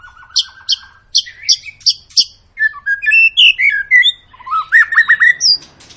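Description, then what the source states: White-rumped shama song starting with a string of sharp repeated notes, then varied whistled phrases and a fast rising series. Lure of long, continuous song, used to make other birds sing.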